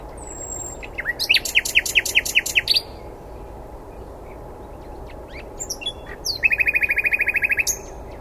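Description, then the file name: Common nightingale song: a thin whistle, then a rapid run of loud chopped notes, a pause, and a fast even rattling trill. "Luscinia megarhynchos"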